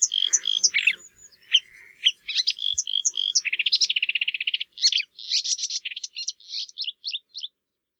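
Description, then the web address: Marsh warbler song: varied whistles and chips leading into a fast buzzy trill, then a run of rapid squeaky notes. "geluiden bosrietzanger"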